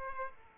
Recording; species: mosquito wingbeat signal from an infrared sensor; Aedes aegypti